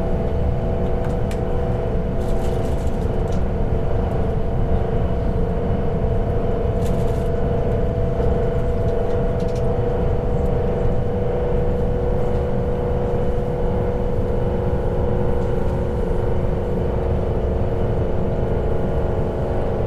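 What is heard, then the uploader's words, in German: A night train ride: a heavy, constant rumble of the moving train fills the low end, with steady droning tones running through it at an unchanging level. Brief bright clicks and rattles break through near the start, around seven seconds, and around ten seconds. Zugfahrt in der Nacht.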